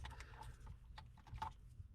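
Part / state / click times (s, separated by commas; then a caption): pinned mechanism part into rear headrest assembly / seated / 1.4 s. A pinned part, with three pins on one side and one on the other, is pushed into position while reassembling a W124 rear headrest mechanism. Several short, sharp taps are heard around 0.1, 0.2, 0.7 and 1.0 s over a low background rumble. A louder click at 1.4 s marks the part locking into place.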